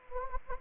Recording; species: mosquito wingbeat signal from an infrared sensor; Anopheles gambiae